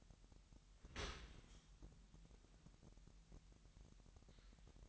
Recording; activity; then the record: daily activity, microphone in the room; open dishwasher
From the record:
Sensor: 3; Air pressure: 998.2 hPa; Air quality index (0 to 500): 149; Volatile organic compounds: 5 ppm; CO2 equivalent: 1782 ppm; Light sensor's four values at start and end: 13/39/15/14 and 13/39/15/14